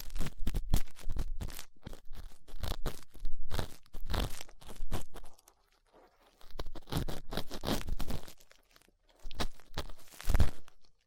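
Ear cleaning with latex gloves, a dental pick and cotton swabs: dense bursts of crinkly scratching and rubbing, broken by short silent pauses.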